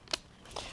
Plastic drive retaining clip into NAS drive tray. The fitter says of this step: makes a satisfying little click sound